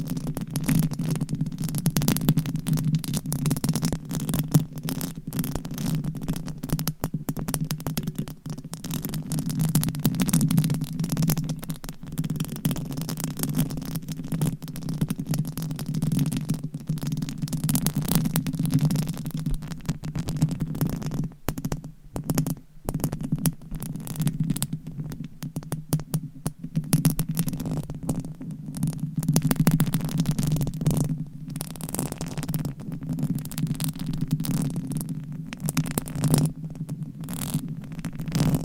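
Mic scratching with nails runs continuously, a dense, fast rasping texture with a strong low rumbling hum underneath. Short dropouts and brief pauses break the scratching around 20–23 seconds and again near 27 and 31 seconds, with slight changes in tone between stretches.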